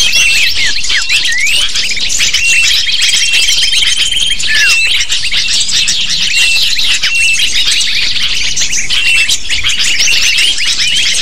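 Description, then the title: Lovebird chorus of shrill, rapid chirping from numerous birds, with long flat whistled tones drifting through the middle and occasional falling squeaks. Lure call (pikat) to attract lovebirds. "PIKAT BURUNG LOVEBIRD"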